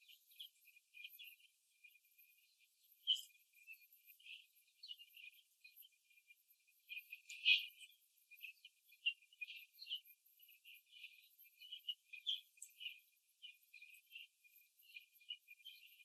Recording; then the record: young laying hens in a cage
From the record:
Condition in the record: after the stressor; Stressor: simulated dog barking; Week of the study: 2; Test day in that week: 3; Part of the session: 1